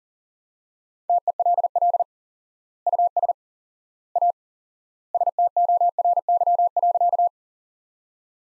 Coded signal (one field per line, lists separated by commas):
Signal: Morse code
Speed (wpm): 40 wpm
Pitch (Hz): 700 Hz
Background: none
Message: TELL US A STORY.